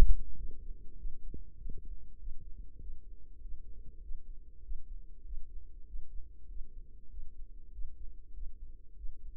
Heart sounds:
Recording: heart sounds by microphone in the right ear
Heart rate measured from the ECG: 98 bpm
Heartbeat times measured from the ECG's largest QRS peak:
0.33 s: heartbeat
0.94 s: heartbeat
1.54 s: heartbeat
2.15 s: heartbeat
2.77 s: heartbeat
3.37 s: heartbeat
3.98 s: heartbeat
4.59 s: heartbeat
5.21 s: heartbeat
5.83 s: heartbeat
6.44 s: heartbeat
7.06 s: heartbeat
7.68 s: heartbeat
8.30 s: heartbeat
8.93 s: heartbeat
From the record:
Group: healthy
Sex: female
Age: 32 years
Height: 172 cm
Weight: 71.7 kg

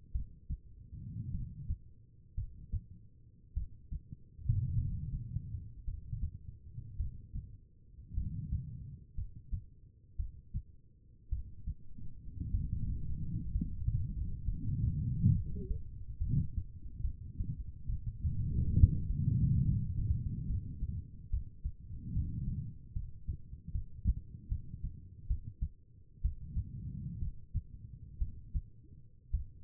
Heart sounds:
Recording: heart sounds by stethoscope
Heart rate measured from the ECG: 62 bpm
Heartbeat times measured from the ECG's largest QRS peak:
0.12 s: heartbeat
1.31 s: heartbeat
2.35 s: heartbeat
3.53 s: heartbeat
4.75 s: heartbeat
5.84 s: heartbeat
6.96 s: heartbeat
8.14 s: heartbeat
9.15 s: heartbeat
10.16 s: heartbeat
11.29 s: heartbeat
12.51 s: heartbeat
13.51 s: heartbeat
14.45 s: heartbeat
15.33 s: heartbeat
16.18 s: heartbeat
17.01 s: heartbeat
17.86 s: heartbeat
18.73 s: heartbeat
19.63 s: heartbeat
20.46 s: heartbeat
21.30 s: heartbeat
22.13 s: heartbeat
22.93 s: heartbeat
23.72 s: heartbeat
24.49 s: heartbeat
25.27 s: heartbeat
26.21 s: heartbeat
27.19 s: heartbeat
28.18 s: heartbeat
29.31 s: heartbeat
From the record:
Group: healthy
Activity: rest 0-12 s, cold pressor test 12-30 s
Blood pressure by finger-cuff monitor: 96/63 mmHg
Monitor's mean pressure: 73 mmHg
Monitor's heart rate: 59 bpm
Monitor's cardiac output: 4.1 L/min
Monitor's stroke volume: 76 mL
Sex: female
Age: 36 years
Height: 163 cm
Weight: 88 kg

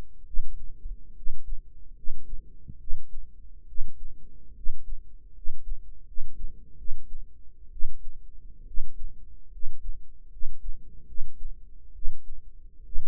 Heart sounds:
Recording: heart sounds by microphone in the right ear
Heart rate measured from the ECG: 72 bpm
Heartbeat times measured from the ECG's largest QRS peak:
0.24 s: heartbeat
1.13 s: heartbeat
1.94 s: heartbeat
2.78 s: heartbeat
3.66 s: heartbeat
4.53 s: heartbeat
5.33 s: heartbeat
6.05 s: heartbeat
6.76 s: heartbeat
7.70 s: heartbeat
8.65 s: heartbeat
9.50 s: heartbeat
10.29 s: heartbeat
11.05 s: heartbeat
11.93 s: heartbeat
12.83 s: heartbeat
From the record:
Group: healthy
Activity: rest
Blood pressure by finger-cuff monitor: 105/70 mmHg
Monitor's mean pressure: 80 mmHg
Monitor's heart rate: 69 bpm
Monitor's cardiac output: 5.5 L/min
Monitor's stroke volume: 77 mL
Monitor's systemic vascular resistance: 1050 dyn s/cm5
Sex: male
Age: 21 years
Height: 170 cm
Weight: 71 kg

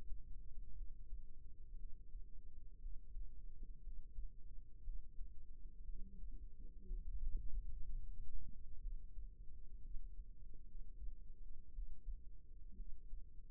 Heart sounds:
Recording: heart sounds by microphone in the right ear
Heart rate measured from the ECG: 60 bpm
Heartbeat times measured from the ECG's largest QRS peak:
0.72 s: heartbeat
1.74 s: heartbeat
2.77 s: heartbeat
3.80 s: heartbeat
4.80 s: heartbeat
5.82 s: heartbeat
6.84 s: heartbeat
7.81 s: heartbeat
8.78 s: heartbeat
9.78 s: heartbeat
10.62 s: heartbeat
11.70 s: heartbeat
12.73 s: heartbeat
From the record:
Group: healthy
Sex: female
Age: 37 years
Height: 168 cm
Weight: 70 kg

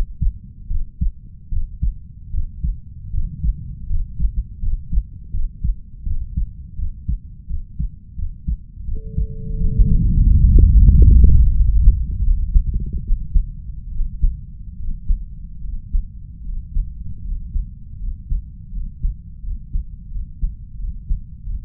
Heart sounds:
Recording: heart sounds by stethoscope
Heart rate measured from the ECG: 81 bpm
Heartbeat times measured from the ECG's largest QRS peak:
0.67 s: heartbeat
1.48 s: heartbeat
2.30 s: heartbeat
3.10 s: heartbeat
3.86 s: heartbeat
4.59 s: heartbeat
5.30 s: heartbeat
6.03 s: heartbeat
6.75 s: heartbeat
7.46 s: heartbeat
8.15 s: heartbeat
8.84 s: heartbeat
9.57 s: heartbeat
10.25 s: heartbeat
10.90 s: heartbeat
11.53 s: heartbeat
12.22 s: heartbeat
13.02 s: heartbeat
13.91 s: heartbeat
14.77 s: heartbeat
15.62 s: heartbeat
16.43 s: heartbeat
17.22 s: heartbeat
17.97 s: heartbeat
18.70 s: heartbeat
19.41 s: heartbeat
20.09 s: heartbeat
20.77 s: heartbeat
21.44 s: heartbeat
From the record:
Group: healthy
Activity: rest 0-11 s, breath hold 11-22 s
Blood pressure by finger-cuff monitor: 112/60 mmHg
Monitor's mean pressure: 70 mmHg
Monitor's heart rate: 82 bpm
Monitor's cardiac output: 6.1 L/min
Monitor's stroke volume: 74 mL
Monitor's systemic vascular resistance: 830 dyn s/cm5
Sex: female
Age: 32 years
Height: 168 cm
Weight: 61.9 kg

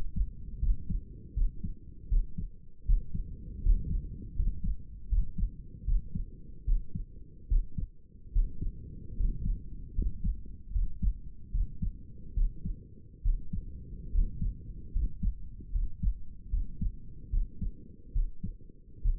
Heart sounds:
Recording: heart sounds by stethoscope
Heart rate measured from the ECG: 75 bpm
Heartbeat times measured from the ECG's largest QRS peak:
0.60 s: heartbeat
1.34 s: heartbeat
2.08 s: heartbeat
2.86 s: heartbeat
3.62 s: heartbeat
4.35 s: heartbeat
5.09 s: heartbeat
5.85 s: heartbeat
6.65 s: heartbeat
7.48 s: heartbeat
8.32 s: heartbeat
9.16 s: heartbeat
9.94 s: heartbeat
10.72 s: heartbeat
11.51 s: heartbeat
12.34 s: heartbeat
13.22 s: heartbeat
14.11 s: heartbeat
14.92 s: heartbeat
15.71 s: heartbeat
16.50 s: heartbeat
17.30 s: heartbeat
18.12 s: heartbeat
19.01 s: heartbeat
From the record:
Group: healthy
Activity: rest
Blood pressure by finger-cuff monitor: 107/73 mmHg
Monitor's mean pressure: 80 mmHg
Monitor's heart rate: 75 bpm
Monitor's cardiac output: 6 L/min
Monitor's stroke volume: 80 mL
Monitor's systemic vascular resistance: 970 dyn s/cm5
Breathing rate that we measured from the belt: 11 breaths a minute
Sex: male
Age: 35 years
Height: 180 cm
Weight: 86.9 kg

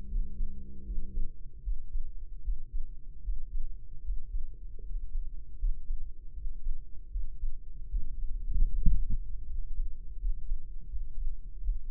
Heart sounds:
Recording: heart sounds by microphone in the right ear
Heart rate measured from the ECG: 78 bpm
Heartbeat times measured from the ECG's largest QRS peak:
0.07 s: heartbeat
0.83 s: heartbeat
1.61 s: heartbeat
2.41 s: heartbeat
3.21 s: heartbeat
4.02 s: heartbeat
4.81 s: heartbeat
5.56 s: heartbeat
6.32 s: heartbeat
7.09 s: heartbeat
7.88 s: heartbeat
8.68 s: heartbeat
9.45 s: heartbeat
10.17 s: heartbeat
10.87 s: heartbeat
11.60 s: heartbeat
From the record:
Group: healthy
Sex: male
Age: 21 years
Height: 180 cm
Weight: 67.5 kg

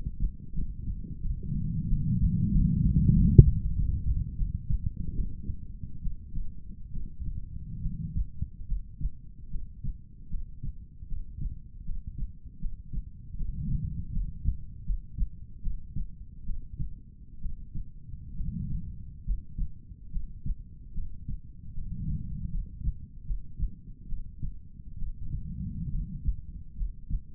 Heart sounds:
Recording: heart sounds by stethoscope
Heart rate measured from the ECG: 76 bpm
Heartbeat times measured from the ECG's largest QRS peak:
0.53 s: heartbeat
1.20 s: heartbeat
1.87 s: heartbeat
2.51 s: heartbeat
3.13 s: heartbeat
3.73 s: heartbeat
4.36 s: heartbeat
5.14 s: heartbeat
6.01 s: heartbeat
6.91 s: heartbeat
7.81 s: heartbeat
8.66 s: heartbeat
9.49 s: heartbeat
10.29 s: heartbeat
11.07 s: heartbeat
11.84 s: heartbeat
12.59 s: heartbeat
13.36 s: heartbeat
14.12 s: heartbeat
14.84 s: heartbeat
15.61 s: heartbeat
16.44 s: heartbeat
17.40 s: heartbeat
18.35 s: heartbeat
19.24 s: heartbeat
20.10 s: heartbeat
20.93 s: heartbeat
21.73 s: heartbeat
22.50 s: heartbeat
23.24 s: heartbeat
24.07 s: heartbeat
24.97 s: heartbeat
25.89 s: heartbeat
26.75 s: heartbeat
From the record:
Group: healthy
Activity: rest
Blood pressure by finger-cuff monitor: 123/69 mmHg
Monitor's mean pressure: 87 mmHg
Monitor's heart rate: 75 bpm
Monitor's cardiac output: 7.1 L/min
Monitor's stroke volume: 92 mL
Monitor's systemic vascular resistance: 900 dyn s/cm5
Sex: female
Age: 23 years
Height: 160 cm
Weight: 50.4 kg

